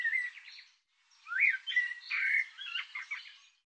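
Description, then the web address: Bird song of warbled whistles and chirps: a short phrase, a brief pause, then a longer run of clear whistled notes and slurred, twittery notes. Recording cleaned and normalized; bird labelled 'Tu Me Tu Me'. "cianscape birddata Deverinetal 2025 File cleaned normalized Bird Tu Me Tu Me"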